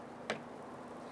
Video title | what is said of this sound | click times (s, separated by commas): How to Install Tow Mirror 2002-2008 Dodge Ram 1500 | push it in until you feel it click | 0.3 s